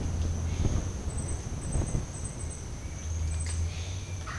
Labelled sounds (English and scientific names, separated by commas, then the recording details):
none
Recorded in dense forest near Puerto Asís, Putumayo, Colombia, on 20 December 2024 at 09:00
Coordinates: 0.481, -76.323
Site G100